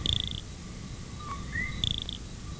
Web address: coqui sound eunicolor